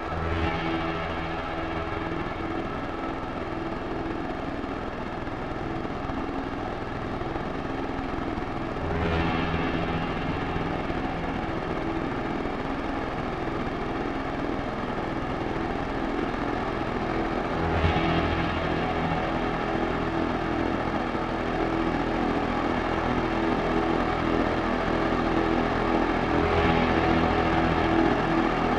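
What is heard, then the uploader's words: A thick, steady drone hums on throughout, layered low tones under a bright, hissing upper layer. Roughly every nine seconds a soft swell marks a shift in the low pitches, and the overall level creeps slightly louder toward the end. Drone.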